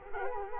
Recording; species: mosquito wingbeat signal from an infrared sensor; Culex quinquefasciatus